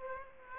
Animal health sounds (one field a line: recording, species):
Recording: mosquito wingbeat signal from an infrared sensor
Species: Aedes aegypti